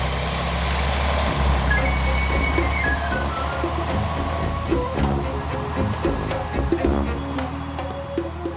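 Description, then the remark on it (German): A bus pulls away, its heavy diesel engine rumbling loudly and steadily for several seconds, a low drone with a faint rising whine and scattered clanks, no voices. “Bei der Abfahrt fiel ihm der Werbeslogan am Heck des Busses ins Auge.”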